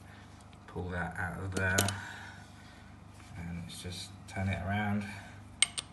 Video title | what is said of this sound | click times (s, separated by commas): Rothenberger Uni Spanner Review | it back in, just clicks into place, like so, again. | 5.6 s